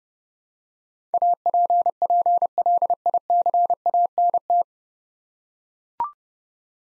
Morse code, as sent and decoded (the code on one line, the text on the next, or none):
.- .--. .--. .-.. .. -.-. .- -. -
APPLICANT